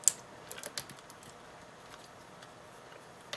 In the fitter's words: let me snap right in place